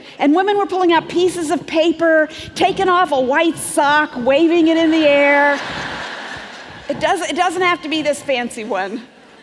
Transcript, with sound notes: And women were pulling out pieces of paper, taking off a white sock, waving it in the air. (laughter) It doesn't have to be this fancy one.